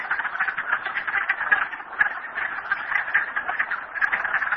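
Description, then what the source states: Dense chorus of frogs giving rapid, overlapping croaking calls, a continuous chattering rattle without pause. Frogs recorded at Merryspring.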